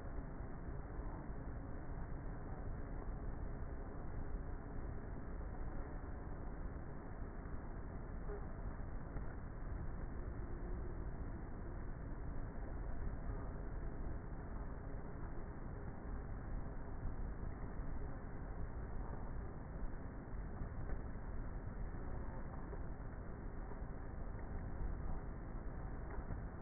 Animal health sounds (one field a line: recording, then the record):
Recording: honeybee colony, microphone inside the hive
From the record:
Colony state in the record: queenless with a low population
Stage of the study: before two queens were removed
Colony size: about 30,000 bees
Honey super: no